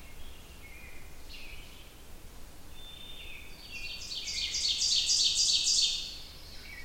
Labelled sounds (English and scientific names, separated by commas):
Ovenbird (Seiurus aurocapilla) song